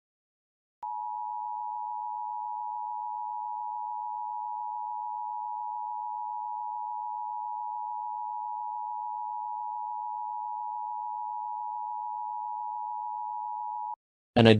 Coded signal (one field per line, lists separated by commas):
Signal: Emergency Alert System (SAME) tones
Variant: 853 and 960 Hz attention tone